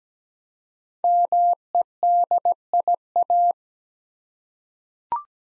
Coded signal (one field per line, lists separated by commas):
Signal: Morse code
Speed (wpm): 17 wpm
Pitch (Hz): 700 Hz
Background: none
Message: MEDIA